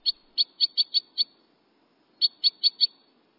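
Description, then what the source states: Crossbill notes: a series of sharp high chip notes, six in a quick run, a pause, then four more at the same pitch. Winter, among snowy conifers; birds warming up months before most songbirds breed.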